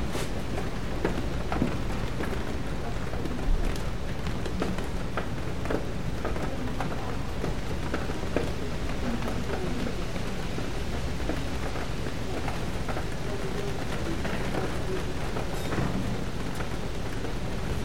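Rain patters steadily on a bookstore window, a dense even wash with scattered sharper taps throughout and a low rumble underneath.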